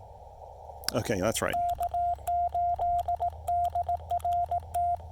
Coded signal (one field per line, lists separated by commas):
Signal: Morse code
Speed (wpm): 18 wpm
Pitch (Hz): 700 Hz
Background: speech, radio noise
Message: K8DRT